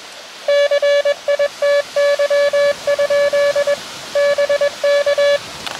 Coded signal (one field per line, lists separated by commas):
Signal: Morse code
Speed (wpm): 20 wpm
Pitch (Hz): 570 Hz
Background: none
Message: CITY? BK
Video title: Beach QRP Ham Radio CW QSO SUCCESS! ~ Long Wire QSO!